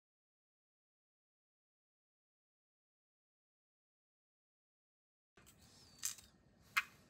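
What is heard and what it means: A small plastic rocker switch is pushed into its cut-out slot in the plastic shell of a Sony NP-F (L-Series) battery adaptor until its side clips snap in. The clip is silent until about 5.4 seconds, then a faint background hiss runs under two sharp clicks at 6.1 and 6.8 seconds. The switch is seated in the slot.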